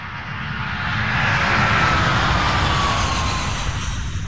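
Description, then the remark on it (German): Steady, dense engine drone inside an airplane cabin on a flight from Dhaka back to Germany, a broad rumbling roar with a faint high whine gliding slightly downward, holding constant throughout with no voices. “Nachdenklich sitze ich im Flugzeug von Dhaka auf dem Weg zurück nach Deutschland.”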